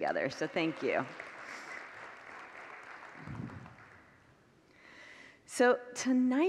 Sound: congregants applaud